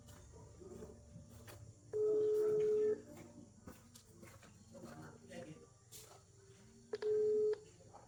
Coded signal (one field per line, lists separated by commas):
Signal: telephone call progress tone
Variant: Europe, 425 Hz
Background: speech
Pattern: ringback tone